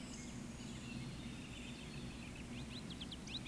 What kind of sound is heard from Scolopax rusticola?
whistle